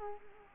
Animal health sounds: mosquito wingbeat signal from an infrared sensor; Culex quinquefasciatus

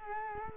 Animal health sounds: mosquito wingbeat signal from an infrared sensor; Culex quinquefasciatus

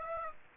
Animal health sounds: mosquito wingbeat signal from an infrared sensor; Aedes aegypti

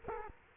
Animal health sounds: mosquito wingbeat signal from an infrared sensor; Culex quinquefasciatus

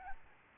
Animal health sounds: mosquito wingbeat signal from an infrared sensor; Aedes albopictus

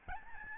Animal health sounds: mosquito wingbeat signal from an infrared sensor; Aedes albopictus

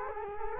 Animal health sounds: mosquito wingbeat signal from an infrared sensor; Culex quinquefasciatus

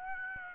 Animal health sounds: mosquito wingbeat signal from an infrared sensor; Aedes aegypti

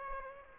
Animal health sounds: mosquito wingbeat signal from an infrared sensor; Aedes aegypti

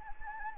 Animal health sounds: mosquito wingbeat signal from an infrared sensor; Anopheles gambiae

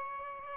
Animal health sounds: mosquito wingbeat signal from an infrared sensor; Aedes albopictus

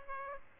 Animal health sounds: mosquito wingbeat signal from an infrared sensor; Aedes aegypti

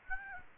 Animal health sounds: mosquito wingbeat signal from an infrared sensor; Aedes aegypti

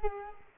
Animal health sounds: mosquito wingbeat signal from an infrared sensor; Culex quinquefasciatus

